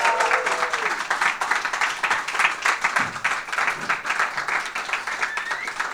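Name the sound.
audience applause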